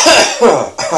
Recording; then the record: coughing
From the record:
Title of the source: Spring Cold Coughing 2